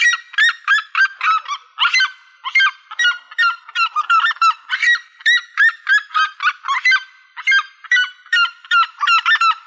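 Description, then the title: Bird calls: rapid, harsh, honk-like notes rich in overtones, delivered in quick bursts with short pauses, several notes overlapping at times. "LuckyPassaros CompletosSama"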